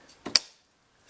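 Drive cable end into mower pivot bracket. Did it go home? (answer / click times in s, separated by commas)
yes / 0.4 s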